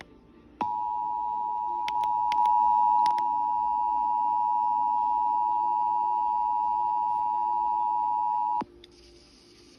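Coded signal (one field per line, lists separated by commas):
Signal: Emergency Alert System (SAME) tones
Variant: 853 and 960 Hz attention tone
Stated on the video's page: Kentucky required monthly test heard on FM radio station 92.5.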